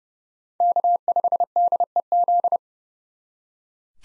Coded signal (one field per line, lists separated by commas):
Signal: Morse code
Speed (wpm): 31 wpm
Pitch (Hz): 700 Hz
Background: none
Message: K5DEZ